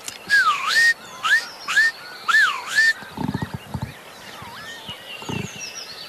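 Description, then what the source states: Northern Lapwing display calls: three loud, wheezy whistles that dip and then swoop upward, spaced about a second apart, followed by softer calls and low rustling thumps. Spring morning, 3 May 2020, at flooded fields in Lohja, Finland; the sound accompanies the lapwing's aerobatic display flights over the field.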